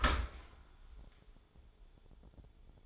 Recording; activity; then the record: daily activity, microphone in the room; open dishwasher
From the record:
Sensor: 5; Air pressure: 1015.1 hPa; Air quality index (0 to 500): 149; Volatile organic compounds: 4 ppm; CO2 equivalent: 1607 ppm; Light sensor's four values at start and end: 36/85/34/35 and 38/89/36/39